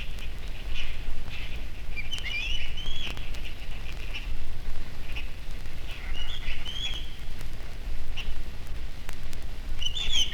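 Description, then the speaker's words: Black-naped oriole giving several mellow, liquid whistled phrases against a constant deep rumbling background. Lives near the lake, where the forest is more open and brighter. "Ближе к озеру, где лес прозрачней и радостней, живет китайская иволга."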